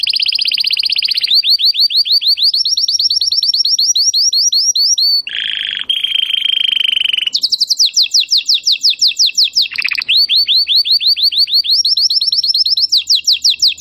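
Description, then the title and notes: Domestic canary song in changing tours: fast sweeping notes repeated in rows, a brief lower buzzy trill, then more rapid sweeping notes at varying pitches. Belgian canary singing. "Canário Belga Campainha Canary Singing. Canario Belga Cantando"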